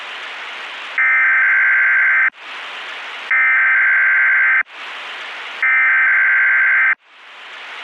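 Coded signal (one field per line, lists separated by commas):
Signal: Emergency Alert System (SAME) tones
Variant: header bursts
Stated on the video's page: Joke mock EAS warning, possibly with valid tones.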